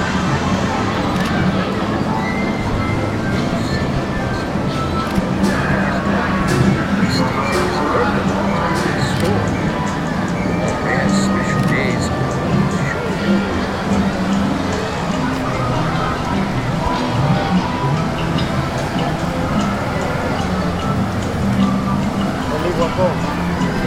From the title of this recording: Universal Islands of Adventure audio journey